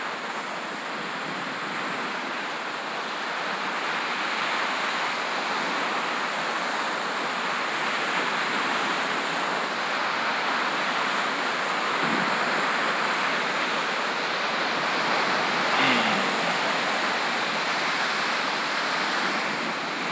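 Michigan beach sounds: a steady, dense wash of surf fills the whole clip with a soft hiss, building slightly in loudness toward the end. Near twelve seconds and again around sixteen seconds, a brief faint knock or tap stands out.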